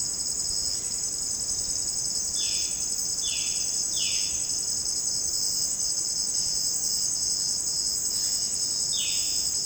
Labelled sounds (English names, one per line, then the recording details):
Violaceous Jay
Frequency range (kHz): Violaceous Jay 1.6-4.1 kHz
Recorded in dense forest near Puerto Asís, Putumayo, Colombia, on 25 June 2025 at 16:00
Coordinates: 0.499, -76.324
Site G100